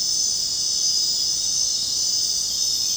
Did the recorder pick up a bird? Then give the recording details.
no. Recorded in dense forest near Puerto Asís, Putumayo, Colombia, on 22 June 2025 at 21:00. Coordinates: 0.499, -76.324. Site G100